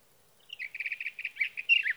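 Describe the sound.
Sage thrasher song: rapid chattering notes repeated in a fast series, then warbled, slurred phrases.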